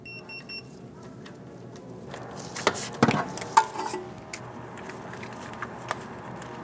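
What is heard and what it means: A torque wrench tightens the steel speed sensor retaining bolt on the transmission case of a 2001-2006 Chevrolet Silverado 2500 HD with the 8.1L V8 to 108 inch-pounds. Three short high beeps open the clip, followed by quiet ratcheting and metallic knocks. The wrench clicks at its setting at 3.6 seconds.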